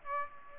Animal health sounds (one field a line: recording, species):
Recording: mosquito wingbeat signal from an infrared sensor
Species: Aedes aegypti